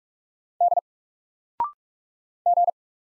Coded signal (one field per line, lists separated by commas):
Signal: Morse code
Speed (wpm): 44 wpm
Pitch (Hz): 700 Hz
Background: none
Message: D G